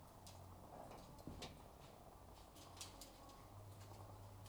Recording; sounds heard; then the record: poultry house recording; sick chickens (respiratory disease)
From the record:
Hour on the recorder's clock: 12